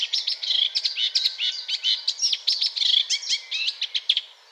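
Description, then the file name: Eurasian blackcap singing a fast, continuous warble of high chattering and fluty notes, jumbled and varied, running the full length without a pause. "Sylvia atricapilla"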